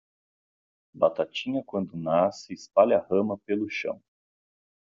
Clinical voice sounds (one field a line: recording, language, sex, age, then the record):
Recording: short text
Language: Brazilian Portuguese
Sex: male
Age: 30 to 39 years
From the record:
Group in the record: control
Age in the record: 35 years